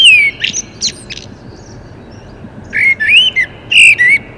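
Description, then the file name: Common blackbird song: a rich, fluted whistle with thin high squeaks, a pause, then a second warbling phrase of sliding whistles. "Turdus merula"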